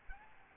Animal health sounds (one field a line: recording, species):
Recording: mosquito wingbeat signal from an infrared sensor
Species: Aedes albopictus